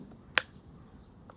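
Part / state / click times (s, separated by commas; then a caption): plastic cover onto metal detector control box/screen / seated / 0.4 s. A plastic cover is set by its two grooves onto the display housing of a Vanquish 540 metal detector's control box and pressed down. It clips into place with one sharp snap at 0.4 s, followed by a faint tick at 1.3 s. The cover is seated, done with no trouble.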